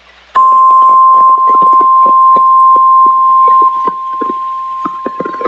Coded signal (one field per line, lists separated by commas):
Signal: Emergency Alert System (SAME) tones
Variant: 1050 Hz attention tone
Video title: EAS Alerts From June 27 2026 EAS 807-809